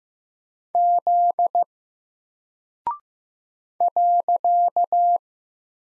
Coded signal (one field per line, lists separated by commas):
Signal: Morse code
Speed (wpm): 15 wpm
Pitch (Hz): 700 Hz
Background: none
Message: Z .